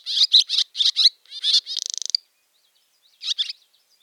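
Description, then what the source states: Barn Swallow song: warbling twitter notes, then a dry mechanical rattle of about ten rapid clicks, followed by a brief pause and more twittering. Song sung by both males and females: a long series of continuous warbling followed by up to a dozen rapid, mechanical-sounding whirls; described as a near-constant liquid chattering twitter.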